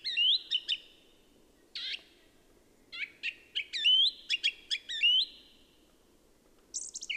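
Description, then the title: Song thrush singing bright, varied phrases with short notes repeated two or three times, separated by brief pauses, and a high burst at the end. Song thrush singing, Peak District, during lockdown; described as the longest unbroken song ever heard by a thrush. "Thrush and wren, Peak District"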